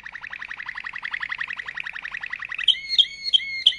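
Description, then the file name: Canary song: a fast, even trill of downward-sweeping notes for over two seconds, then a few loud, sharp high notes. Waterslager breed canary, singing. "canto do canario waterslager"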